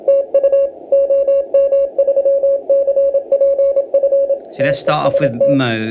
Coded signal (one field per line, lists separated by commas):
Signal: Morse code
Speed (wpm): 27 wpm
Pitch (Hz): 550 Hz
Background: speech, radio noise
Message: TU OM3CPF TEST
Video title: MALAHIT DSP2 , CW DECODE , 2024 , SUCCESS